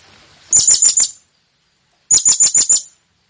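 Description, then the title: Blue-crowned hanging parrot calling: two brief bursts of four to five piercing, very high chirps, the second following after a short pause. Calling sound for attracting the birds. "Burung Serindit Memanggil"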